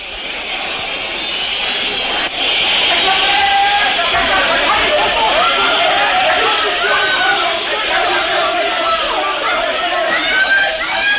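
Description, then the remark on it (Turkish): A loud, continuous crowd roar at a boxing match, dense overlapping shouts and yells forming a steady wall of noise for the whole clip, with a few sharper cries rising above it. “Bağıranları duyuyorsun değil mi Pet?”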